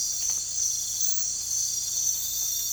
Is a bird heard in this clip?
no